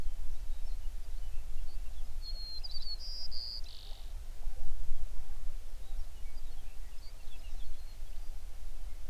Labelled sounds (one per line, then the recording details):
songbird
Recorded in the Prudhoe Bay oil fields, Alaska, on 11 June 2019 at 04:55
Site 21